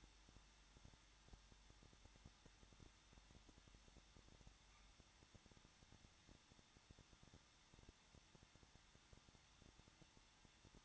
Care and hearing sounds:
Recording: daily activity, microphone in the room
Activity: no activity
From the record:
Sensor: 3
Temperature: 21.2 degrees Celsius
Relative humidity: 36.4%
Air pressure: 1006.4 hPa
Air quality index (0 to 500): 223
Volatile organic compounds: 42 ppm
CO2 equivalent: 3186 ppm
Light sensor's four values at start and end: 2/3/2/2 and 2/3/2/2

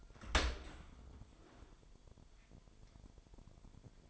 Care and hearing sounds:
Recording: daily activity, microphone in the room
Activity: open dishwasher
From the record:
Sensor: 5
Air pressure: 998.4 hPa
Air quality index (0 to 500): 84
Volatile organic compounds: 1 ppm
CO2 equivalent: 953 ppm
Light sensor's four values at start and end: 21/48/20/23 and 21/49/20/23

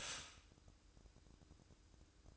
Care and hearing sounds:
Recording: daily activity, microphone in the room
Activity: stop toaster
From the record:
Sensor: 2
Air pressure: 1007.0 hPa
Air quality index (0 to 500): 39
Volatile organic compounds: 1 ppm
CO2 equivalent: 538 ppm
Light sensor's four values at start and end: 6/13/5/5 and 6/13/5/5

